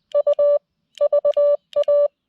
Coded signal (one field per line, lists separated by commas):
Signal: Morse code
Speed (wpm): 20 wpm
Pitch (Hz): 580 Hz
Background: none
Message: U VA